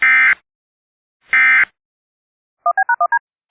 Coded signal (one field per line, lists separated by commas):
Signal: DTMF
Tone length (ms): 90 ms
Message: 1B#1D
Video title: All the rare EAS alerts i got